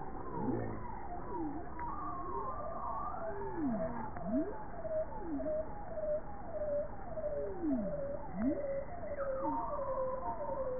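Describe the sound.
Bowhead whale song: many overlapping tonal units, including downward and upward sweeping V-shaped calls and wavering higher moans, repeated steadily throughout against a low, rumbling underwater background.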